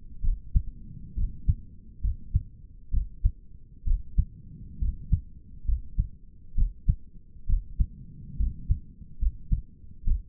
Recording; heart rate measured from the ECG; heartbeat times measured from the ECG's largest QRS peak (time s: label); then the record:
heart sounds by stethoscope; 67 bpm
0.24 s: heartbeat
1.17 s: heartbeat
2.03 s: heartbeat
2.93 s: heartbeat
3.87 s: heartbeat
4.81 s: heartbeat
5.67 s: heartbeat
6.57 s: heartbeat
7.48 s: heartbeat
8.39 s: heartbeat
9.21 s: heartbeat
10.06 s: heartbeat
From the record:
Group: healthy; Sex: male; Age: 22 years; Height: 181 cm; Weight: 79 kg